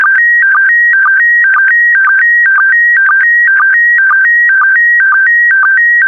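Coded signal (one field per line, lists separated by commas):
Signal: SSTV (slow-scan television)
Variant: PD120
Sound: steady warbling tones alternating high and low, with short low blips about twice a second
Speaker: complete. You can now check your decoded image against the picture that is shown on the video.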